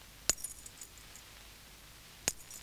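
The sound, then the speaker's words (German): Two bright metallic clinks from a keyring, held by its ring or tag and struck with a pencil on the first beat of each bar, about two seconds apart, each followed by a faint jingling shimmer with no voices. “Man hält das Schlüsselbund einfach am Ring fest oder am Anhänger und schlägt mit einem Bleistift dagegen.”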